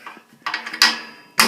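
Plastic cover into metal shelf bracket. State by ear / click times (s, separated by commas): seated / 0.8 s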